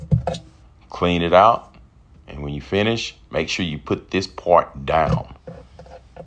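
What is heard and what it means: A plastic lint filter from a portable twin-tub washer is being handled on its way back into its slot in the washer tub, with the marked part to face down as it is pushed in. Someone talks over a few short handling knocks. Nothing has seated or clicked into place yet.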